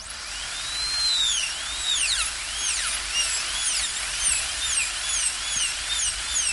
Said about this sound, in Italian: Sì, ho pensato di farvi soffrire un po', anche a voi viene la pelle d'oca. Beh, d'altronde è proprio questo suono, il ricordo del suono del trapano, che all'idea di incontrare il dentista ci viene già la pelle d'oca.